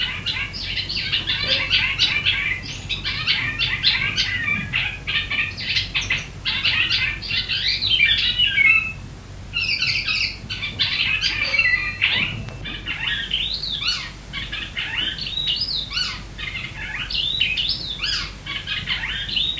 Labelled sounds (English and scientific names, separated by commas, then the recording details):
Icterine Warbler (Hippolais icterina)
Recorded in the wild
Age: adult
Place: Bodensdorf, AT
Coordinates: 46.68, 13.97
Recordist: Brunner, Thomas